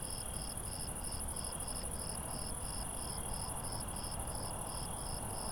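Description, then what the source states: Cricket chorus with an unbroken high-pitched trill and evenly spaced chirps, about three per second, plus a quieter lower trill and faint low rumble. Crickets at night.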